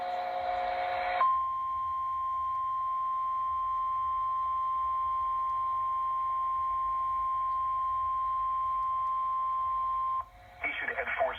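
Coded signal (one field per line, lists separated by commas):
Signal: Emergency Alert System (SAME) tones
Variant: 1050 Hz attention tone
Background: speech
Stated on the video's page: Flash flood warning received on a digital TV station.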